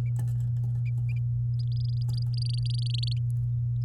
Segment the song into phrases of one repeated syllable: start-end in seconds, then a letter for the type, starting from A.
1.59-3.13 A